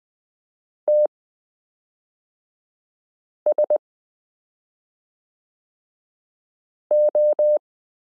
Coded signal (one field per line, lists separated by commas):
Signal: Morse code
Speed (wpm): 20 wpm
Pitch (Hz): 600 Hz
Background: none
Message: TSO